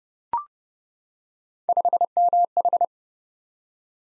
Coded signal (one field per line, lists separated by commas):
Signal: Morse code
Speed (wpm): 29 wpm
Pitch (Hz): 700 Hz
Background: none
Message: 5MH